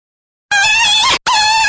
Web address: Rabbit Jackrabbit Distress